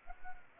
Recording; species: mosquito wingbeat signal from an infrared sensor; Anopheles arabiensis